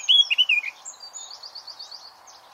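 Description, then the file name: Eurasian blackcap: a few loud, fluty whistled notes followed by a softer, fast trill of repeated high notes that fades out. "Sylvia atricapilla"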